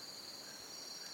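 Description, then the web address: Crickets chirping in a steady, dense chorus: continuous high-pitched shimmering trill with no breaks. Jungle crickets. "the sound pack tree. jungle crickets"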